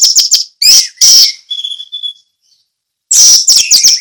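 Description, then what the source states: Orange-headed thrush singing fast, high chirping phrases, a softer drawn-out whistle, a short silence, then another energetic burst. Song in the ngeplong style.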